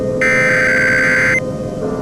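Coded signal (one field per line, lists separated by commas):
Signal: Emergency Alert System (SAME) tones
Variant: header bursts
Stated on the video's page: Fictional EAS scenario, a mock.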